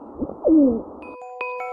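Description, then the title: Hill Pigeon giving a short, low coo that dips and bends, followed by clear, steady ringing tones. "Птицы бассейна Амура - скалистый голубь"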